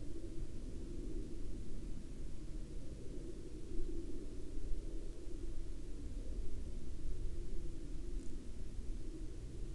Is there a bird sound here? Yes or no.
no